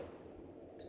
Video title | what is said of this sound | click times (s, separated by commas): Electric Patient Lift Transfer Wheelchair installation video @ aeoncare | just lock பண்ணிட்டீங்கன்னா உங்களுக்கு 2 சைடுமே lock ஆகிடும். | 0.8 s